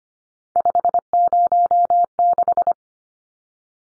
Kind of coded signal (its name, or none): Morse code